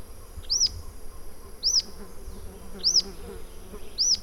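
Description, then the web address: Rough-legged tyrannulet calling: four thin, high, arched notes, each sharply rising then falling, spaced about one per second over a low background hiss. "Rough legged tyrannulet. صدای-پرنده-ژیانمرغک-پازبر"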